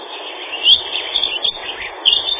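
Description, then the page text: Dunnock song in brief tinkling bursts, one near 0.7 seconds, scattered notes, then another burst near 2.1 seconds; background hiss throughout. "Лесная завирушка — Prunella modularis"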